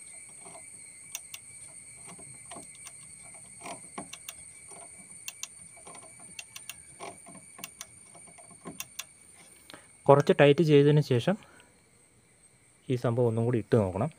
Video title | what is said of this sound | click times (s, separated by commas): Tata Nano Brake Problem \ break കുറവാണോ | ചെയ്യുമ്പോൾ tech tech എന്ന് അത് ലോക്ക് ആയിക്കൊണ്ടിരിക്കും കുറച്ച് | 1.2 s, 5.3 s, 5.4 s, 7.6 s, 8.8 s, 9.0 s